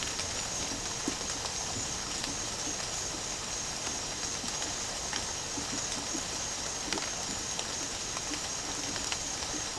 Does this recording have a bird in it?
no